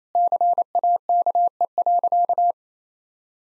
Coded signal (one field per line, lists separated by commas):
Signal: Morse code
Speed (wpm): 27 wpm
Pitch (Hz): 700 Hz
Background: none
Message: CAKE.